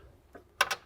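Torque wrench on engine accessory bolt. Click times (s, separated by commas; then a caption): 0.6 s. A torque wrench set to 30 Nm snugs an engine accessory bolt during a serpentine belt system replacement on a 2010-2016 BMW F10 535i with the N55 engine. After a faint tick at 0.35 s, the wrench gives a sharp, bright click at 0.6 s, followed by a second short burst around 0.7 s. The wrench clicks at its 30 Nm setting.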